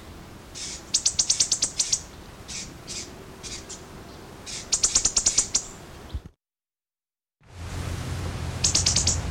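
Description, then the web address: Black-chested sparrow song, high rapid trills of sharp ticking notes repeated several times, with faint softer notes between bursts and a brief silent break. "Balsas-bird-songs Aimophila humeralis"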